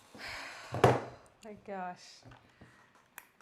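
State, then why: Seated. Someone talks while an RJ45 Ethernet plug is pushed into an Ethernet port, possibly on a cable tester. A short, sharp click sounds at 3.2 s as the plug seats in the socket.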